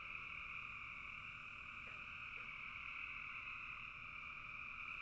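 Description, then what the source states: Frogs calling together in a thick, unbroken chorus, with a couple of faint lower chirps midway through the steady drone. Frogs in a bog.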